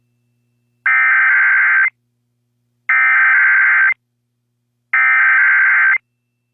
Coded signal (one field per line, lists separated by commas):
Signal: Emergency Alert System (SAME) tones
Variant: header bursts